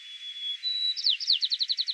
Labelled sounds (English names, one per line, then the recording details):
White-crowned Sparrow song
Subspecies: nuttalli
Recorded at Battery East, California, in 2013
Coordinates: 37.806, -122.470
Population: north
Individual beD_13